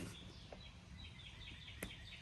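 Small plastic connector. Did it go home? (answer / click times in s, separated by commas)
yes / 1.8 s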